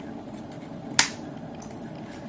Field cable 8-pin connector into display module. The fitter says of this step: be careful not to cross thread gently turn the nut clockwise until it clicks to lock the connector in place